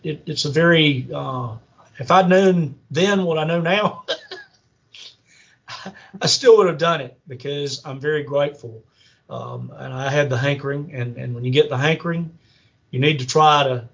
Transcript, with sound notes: it’s a very… if I’d known then what I know now, (laughs) I still would have done it, because I’m very grateful and I had the hankering and when you get the hankering, you need to try to.